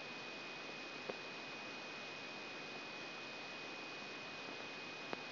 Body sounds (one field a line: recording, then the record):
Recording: brain microelectrode recording played as sound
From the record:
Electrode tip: outside the subthalamic nucleus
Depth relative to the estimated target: -6 mm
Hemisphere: left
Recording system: AlphaMap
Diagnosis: Parkinson's disease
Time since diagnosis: 16 years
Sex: male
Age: 60 years